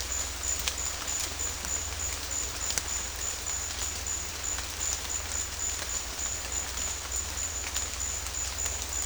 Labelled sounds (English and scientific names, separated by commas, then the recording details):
none
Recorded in dense forest near Puerto Asís, Putumayo, Colombia, on 21 December 2024 at 14:00
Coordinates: 0.467, -76.328
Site GP05